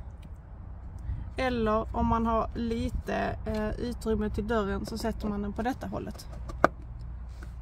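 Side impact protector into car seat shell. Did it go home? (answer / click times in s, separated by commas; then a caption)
yes / 6.6 s. A side impact protector is pushed into the side of a Britax Römer Max-Safe Pro car seat shell facing the door while someone talks. A sharp click at 6.6 seconds marks it seating firmly in place.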